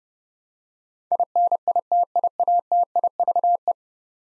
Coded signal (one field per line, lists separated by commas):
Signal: Morse code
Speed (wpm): 30 wpm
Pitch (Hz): 700 Hz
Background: none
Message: INITIATIVE